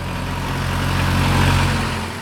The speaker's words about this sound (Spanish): Entre sonidos de motor y traqueteo sobre el pavimento, esto es lo que me pareció escuchar.